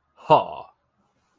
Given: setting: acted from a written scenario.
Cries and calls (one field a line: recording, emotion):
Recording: vocal sound without words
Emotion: contempt